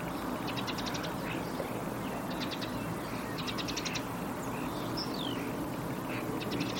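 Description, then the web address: Birds giving short buzzy trilled bursts in groups every second or two, with a thin whistle near the end, over a steady broad hiss of background noise. "Bird Only"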